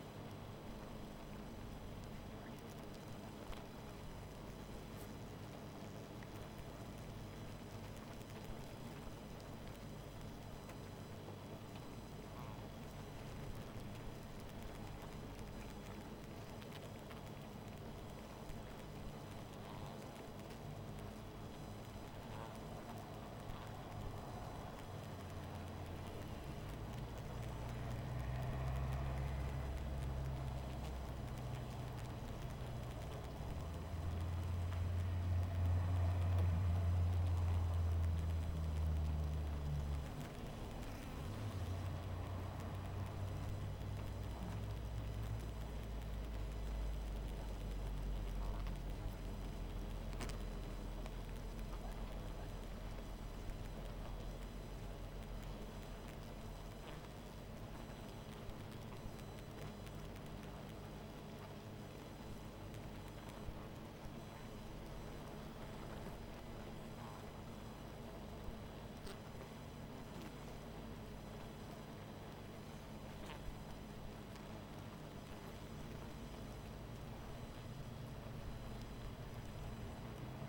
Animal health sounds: honeybee colony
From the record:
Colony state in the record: missing queen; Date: 14 July 2017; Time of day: 20:05

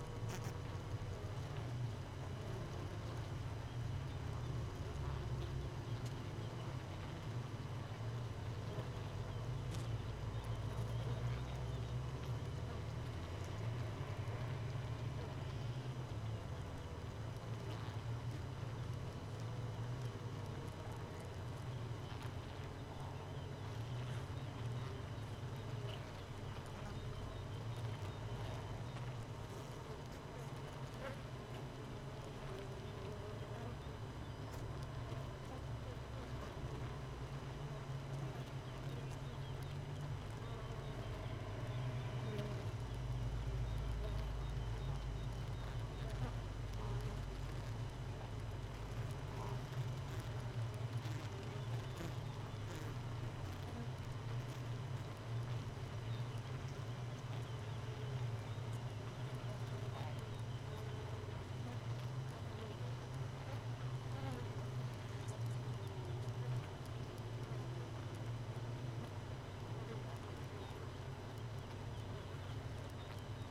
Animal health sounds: honeybee colony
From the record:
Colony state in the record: missing queen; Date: 31 May 2018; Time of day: 4:40

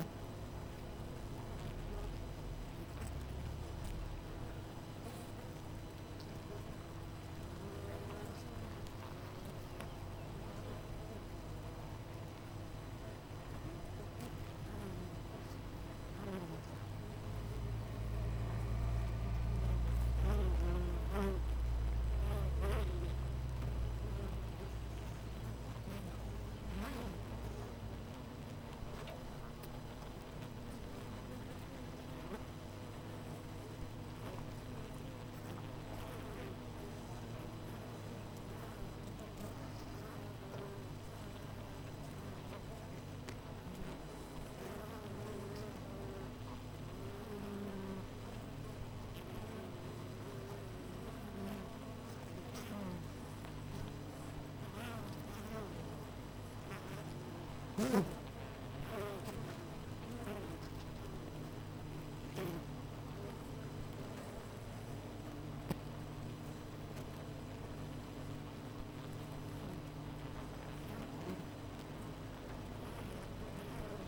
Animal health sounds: honeybee colony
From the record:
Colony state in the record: missing queen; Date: 14 July 2017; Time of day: 8:06

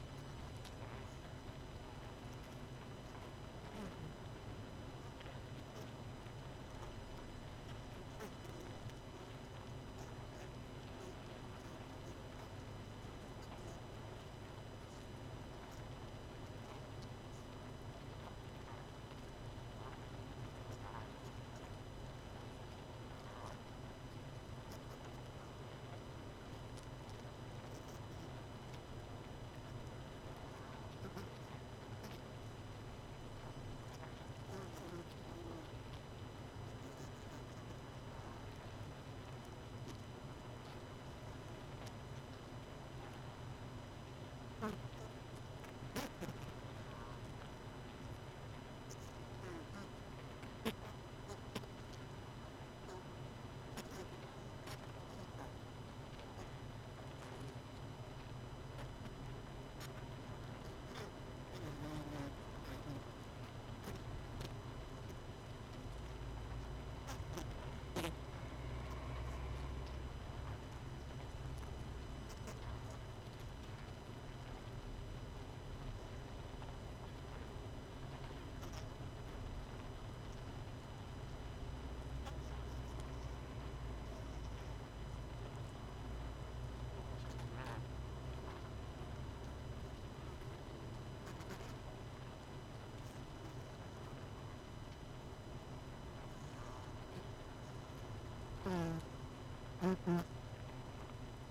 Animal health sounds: honeybee colony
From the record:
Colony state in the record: missing queen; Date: 31 May 2018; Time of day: 19:30

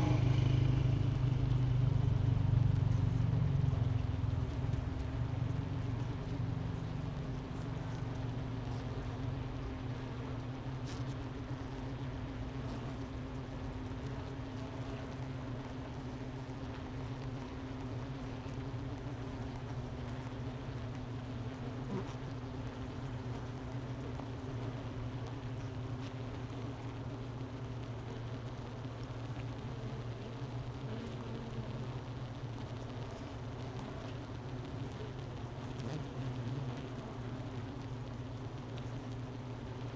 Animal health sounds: honeybee colony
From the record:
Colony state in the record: missing queen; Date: 31 May 2018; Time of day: 10:23

